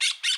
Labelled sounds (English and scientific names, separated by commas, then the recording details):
Brown-throated Parakeet (Eupsittula pertinax) contact call
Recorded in Bonaire
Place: 1 km E of roosting area just N of Seru Largu
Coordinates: 12.199, -68.268